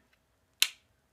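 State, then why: Seated. A plastic leg's black tab is lined up with a small groove on a Transformers Combiner Wars Defensor combiner robot figure and slid in. After a faint tick near 0.1 s, a sharp, bright click lands at 0.6 s and decays quickly as the tab seats into the groove.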